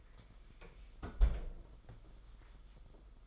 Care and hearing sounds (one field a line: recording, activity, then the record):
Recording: daily activity, microphone in the room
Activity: close fridge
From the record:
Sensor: 5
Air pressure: 991.2 hPa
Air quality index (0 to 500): 114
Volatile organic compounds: 31 ppm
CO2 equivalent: 2978 ppm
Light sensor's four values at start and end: 35/108/42/44 and 34/106/41/43